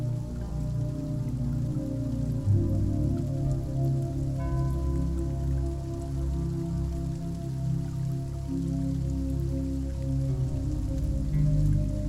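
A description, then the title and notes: Gentle country rain under a steady, deep droning rumble that fills the low end throughout, with a faint patter above it. A soft thump lands near the two-and-a-half-second mark, and a thin, steady tone slips in around four seconds and lingers. Gentle Country Rain.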